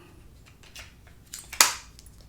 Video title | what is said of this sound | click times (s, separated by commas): Arrma Maintenance Guide (Granite, Typhon, Big Rock, Senton, Vorteks) 4x4 3S BLX | just snap in place you don't have to tighten it down but make sure | 1.6 s